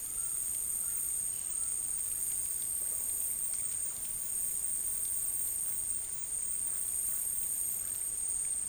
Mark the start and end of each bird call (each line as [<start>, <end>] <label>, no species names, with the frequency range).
[0.00, 1.81] bird call (0.5-2.0 kHz)